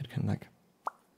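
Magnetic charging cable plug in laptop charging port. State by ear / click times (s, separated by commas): released / 0.9 s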